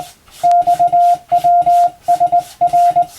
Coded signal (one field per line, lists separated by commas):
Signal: Morse code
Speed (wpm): 22 wpm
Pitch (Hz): 700 Hz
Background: none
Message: XWSR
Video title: 無線従事者国家試験総合無線通信士電気通信術のトレーニングにＣＷを打ってみました。アマチュア無線ハムの受信練習にもどうぞ(morse code practice for radio operator )